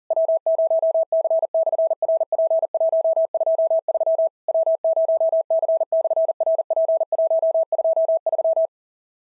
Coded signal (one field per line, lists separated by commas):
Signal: Morse code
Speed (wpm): 40 wpm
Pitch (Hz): 650 Hz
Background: none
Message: W0C/RP123 W0C/RP123